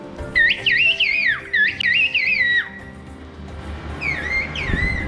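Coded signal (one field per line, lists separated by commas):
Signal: whistled language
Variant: Turkish Kuş dili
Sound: loud gliding whistled phrases rising and falling, then a fainter whistled answer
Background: outdoor ambience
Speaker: i was gonna call the guy by the car and see if you can hear him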